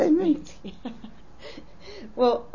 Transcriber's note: she laughs